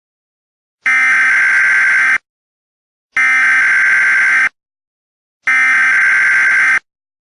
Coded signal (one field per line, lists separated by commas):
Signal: Emergency Alert System (SAME) tones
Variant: header bursts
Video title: EAS: Paranormal Emergency